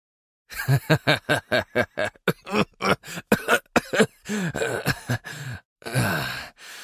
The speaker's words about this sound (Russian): Внезапно он заливисто рассмеялся, но смех обернулся кашлем.